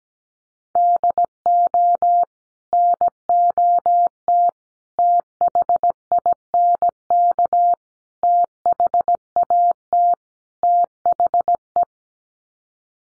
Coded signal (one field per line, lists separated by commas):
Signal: Morse code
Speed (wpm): 17 wpm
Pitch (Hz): 700 Hz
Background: none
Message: DO NOT THINK THAT THE